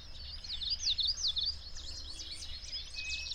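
Bird: rapid series of high slurred chirps, with other birds twittering and a steady hiss behind.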